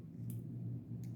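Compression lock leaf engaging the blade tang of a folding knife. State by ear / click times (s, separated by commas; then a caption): seated / 0.3 s. A Spyderco folding knife is opened until its compression lock leaf engages the blade tang, giving a sharp click at 0.3 s as the lock snaps into place. A fainter tick follows at 1.0 s over a steady low hum. The blade is locked open.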